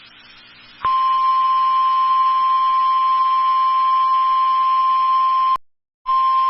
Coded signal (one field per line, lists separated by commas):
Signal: Emergency Alert System (SAME) tones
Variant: 1050 Hz attention tone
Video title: DAVIDSON ON FFE... EAS Alerts From 8/8/24 8/9/24 (EAS#1,833 - #1,839)